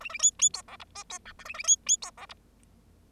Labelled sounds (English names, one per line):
Bengalese Finch song